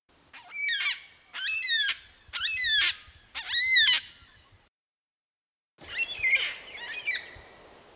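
Yellow-tailed black cockatoo uttering four loud, mournful wailing calls in a row, then after a short break two rougher, harsher calls.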